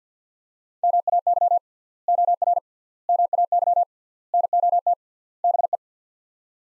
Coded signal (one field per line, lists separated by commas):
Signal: Morse code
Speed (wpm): 45 wpm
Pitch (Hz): 700 Hz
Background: none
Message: MAY OR MAY NOT BE